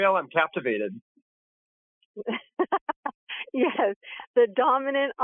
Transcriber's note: laughs